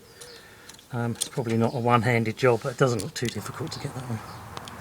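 Someone talks while handling the metal wire retaining clip on the bottom radiator hose connector of a Jaguar X-Type, with a few faint knocks under the voice. The clip has not yet been pushed up onto the connector, and nothing has seated or clicked yet.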